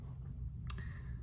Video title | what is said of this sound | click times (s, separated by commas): Kershaws new OTF Livewire pocket knife!! Is it a knockout or a bust??? | it's got a nice little action on it when it locks in place. | 0.7 s, 0.8 s